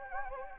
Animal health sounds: mosquito wingbeat signal from an infrared sensor; Anopheles gambiae

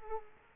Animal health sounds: mosquito wingbeat signal from an infrared sensor; Culex quinquefasciatus

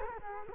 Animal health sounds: mosquito wingbeat signal from an infrared sensor; Culex quinquefasciatus

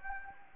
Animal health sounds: mosquito wingbeat signal from an infrared sensor; Anopheles gambiae

